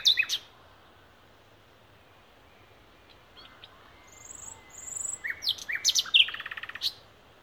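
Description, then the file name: Common nightingale song: a loud burst opens, then after a quiet spell soft whistles build into rapid, rattling repeated notes and sharp high phrases. "Luscinia megarhynchos"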